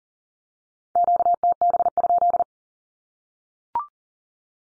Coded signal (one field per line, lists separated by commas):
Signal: Morse code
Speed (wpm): 40 wpm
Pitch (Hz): 700 Hz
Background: none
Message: QTB?